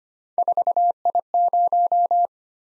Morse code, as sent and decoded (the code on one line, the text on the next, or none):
....- .. -----
4I0